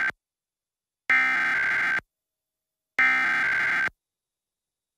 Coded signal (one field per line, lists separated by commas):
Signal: Emergency Alert System (SAME) tones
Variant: header bursts